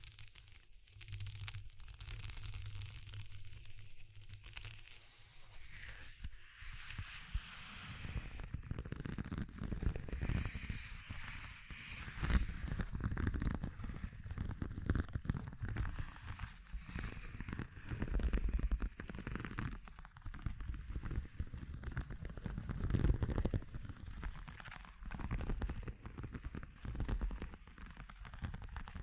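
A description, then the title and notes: A noisy texture piece. It opens with a low steady hum and faint crackle, then around seven seconds thickens into dense, rumbling crackles with scattered sharp clicks that swell and ease in uneven waves until the end. ASMR Exploring Textures (No Talking).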